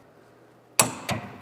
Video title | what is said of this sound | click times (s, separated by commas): How to Assemble the KOT-1 Kickover Tool | And if you keep it aligned, it should almost pop into place here. | 0.8 s, 1.1 s